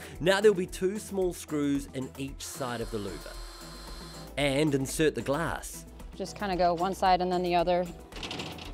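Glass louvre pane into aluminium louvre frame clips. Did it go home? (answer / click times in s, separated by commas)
yes / 8.3 s, 8.6 s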